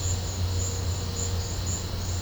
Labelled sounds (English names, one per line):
none